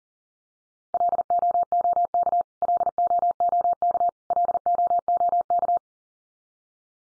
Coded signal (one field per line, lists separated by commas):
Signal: Morse code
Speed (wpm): 40 wpm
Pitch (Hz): 700 Hz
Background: none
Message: LOOK LOOK LOOK